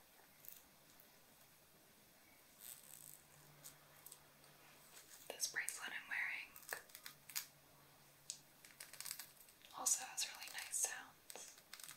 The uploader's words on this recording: ASMR Jewelry tracing, hair sounds & fabric scratches.